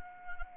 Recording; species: mosquito wingbeat signal from an infrared sensor; Anopheles arabiensis